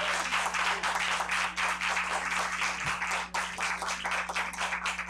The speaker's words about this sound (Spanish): Muchas gracias al coro, un aplauso nuevamente para el coro de la Universidad Veracruzana.